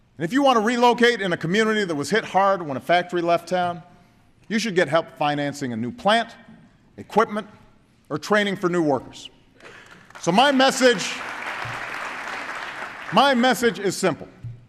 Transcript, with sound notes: And if you want to relocate in a community that was hit hard when a factory left town, you should get help financing a new plant, equipment, or training for new workers. (Applause.) So my message is simple.